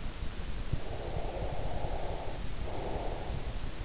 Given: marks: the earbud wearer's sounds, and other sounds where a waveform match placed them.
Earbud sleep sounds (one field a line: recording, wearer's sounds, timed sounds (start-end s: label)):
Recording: sounds in sleep by an in-ear microphone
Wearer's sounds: breath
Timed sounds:
0.70-3.67 s: breath